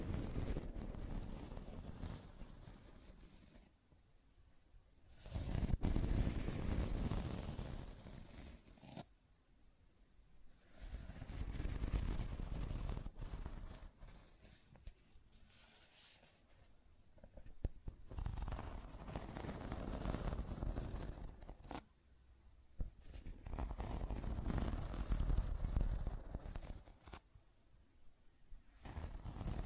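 Scratching and tracing sounds come in long, rough strokes, each swelling and fading over a few seconds with short pauses between. The scraping is dense and gritty, heaviest in the low range with a hissy upper edge, and occasional sharp clicks break in.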